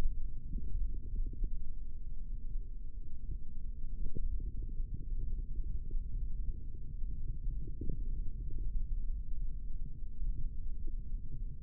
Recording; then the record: forearm muscle sounds (acoustic myography)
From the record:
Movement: hand opening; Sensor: system 3, bracelet of six PUI Audio POM-2738L microphones around the upper forearm, with dedicated amplification and filtering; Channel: 3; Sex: male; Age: 25 years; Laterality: right